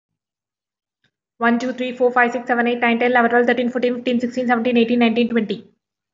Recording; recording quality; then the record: counting at a fast pace; excellent, no background noise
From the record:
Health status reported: respiratory illness, not identified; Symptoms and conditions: asthma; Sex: female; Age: 22 years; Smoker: not ticked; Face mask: not worn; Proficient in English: yes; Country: India